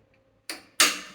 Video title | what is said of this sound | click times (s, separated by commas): Cheap Cafe Racer / Yamaha XS400 / Fairings / 3 | and it locks into place | 0.5 s, 0.8 s